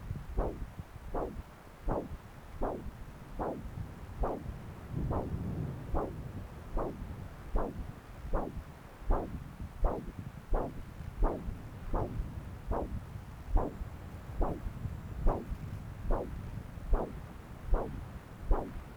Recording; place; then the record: Doppler ultrasound of blood flow; left subclavian vein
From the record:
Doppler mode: continuous wave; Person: adult scuba diver, at rest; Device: O'Dive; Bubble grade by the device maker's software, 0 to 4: 0